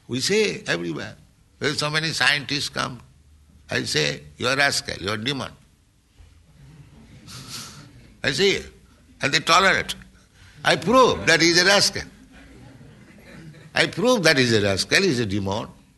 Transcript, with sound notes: We see everywhere. So many scientists come. I say, "You are rascal. You are demon." [laughter] I say it. And they tolerate. I prove that he is a rascal. I prove that he is a rascal, he is a demon.